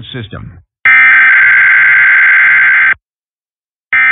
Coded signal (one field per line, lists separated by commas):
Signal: Emergency Alert System (SAME) tones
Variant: header bursts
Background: speech